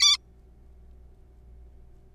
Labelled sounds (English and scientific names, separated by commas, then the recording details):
Zebra Finch (Taeniopygia guttata)
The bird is a juvenile
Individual R3428